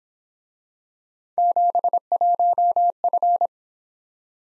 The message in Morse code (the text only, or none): 71F